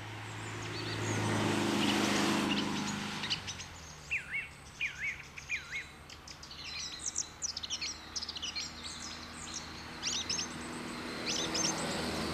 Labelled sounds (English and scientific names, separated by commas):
Song Thrush (Turdus philomelos) song